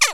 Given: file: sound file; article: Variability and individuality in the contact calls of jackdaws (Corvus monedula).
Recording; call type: jackdaw call; harmonic